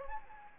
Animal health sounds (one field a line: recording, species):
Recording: mosquito wingbeat signal from an infrared sensor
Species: Anopheles gambiae